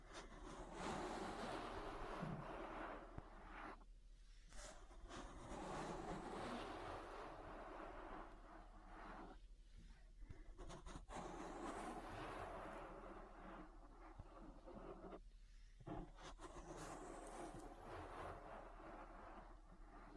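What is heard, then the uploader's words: An ASMR ear massage: thick, continuous rubbing and scratching that fills the sound almost without pause, shifting in texture as it goes. Brief softer breaks come near 4, 9.5 and 15.5 seconds, and a faint steady low hum runs underneath. ASMR Relaxing Ear Massage. (No Talking).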